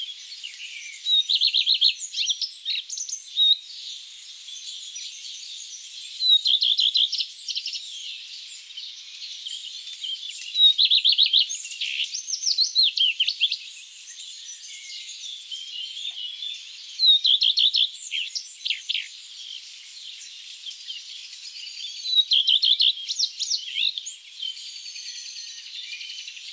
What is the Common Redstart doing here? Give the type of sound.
song